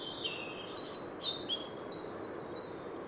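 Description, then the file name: Eurasian wren song: a fast, high jumble of sharp notes and ringing trills, ending in a rapid rattling run, over a steady background hiss. "Troglodytes troglodytes"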